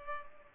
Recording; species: mosquito wingbeat signal from an infrared sensor; Culex pipiens